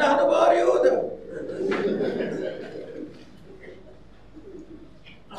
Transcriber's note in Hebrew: הקהל צוחק